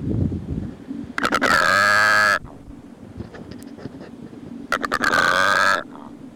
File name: Secretarybird